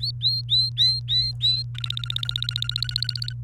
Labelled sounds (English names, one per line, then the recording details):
Domestic Canary song
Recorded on 29 April 2018 at 16:05
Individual llb3